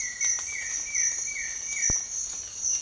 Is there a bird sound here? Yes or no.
yes